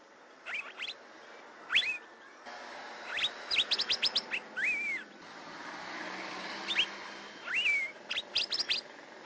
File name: suara kacembang gadung